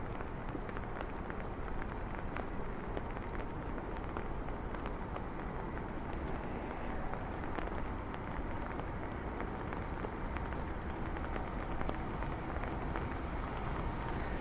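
Rain falls steadily while someone walks through streets, a dense, even hiss filling the whole clip. Countless small drop taps and brief sharp clicks scatter through it, with a low rumble underneath. The level stays constant throughout, without pauses or build.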